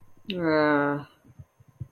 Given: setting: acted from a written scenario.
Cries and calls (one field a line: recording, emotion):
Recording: vocal sound without words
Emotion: guilt